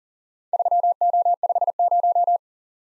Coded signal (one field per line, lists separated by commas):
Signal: Morse code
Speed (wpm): 40 wpm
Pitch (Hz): 700 Hz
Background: none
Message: 3O50